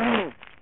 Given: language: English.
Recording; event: throat vibration sensor signal played as sound; throat clearing